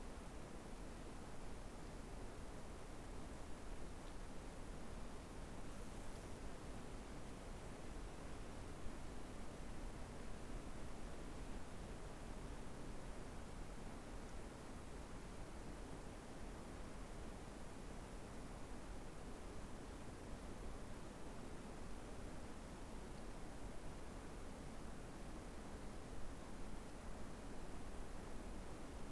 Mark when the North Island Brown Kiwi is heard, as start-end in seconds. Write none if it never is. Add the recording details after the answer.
none. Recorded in New Zealand on 6 February 2013. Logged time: 23:58. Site DQ55